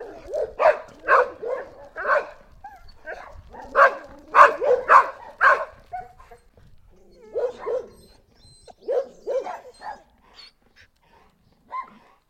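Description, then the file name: Dog giving bursts of repeated barks, loud clusters separated by brief gaps, with a few softer barks near the end. "Dog Barking"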